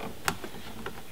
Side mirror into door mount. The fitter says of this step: all right now this just uh pivots actually uh snaps into place